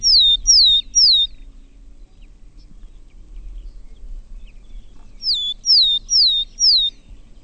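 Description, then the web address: Willow tit song: a phrase of three clear, descending whistled notes, then after a pause a second phrase of four, with faint low rumble beneath. "chant Mesange boreale"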